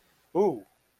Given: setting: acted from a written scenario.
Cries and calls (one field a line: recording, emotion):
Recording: vocal sound without words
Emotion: romantic love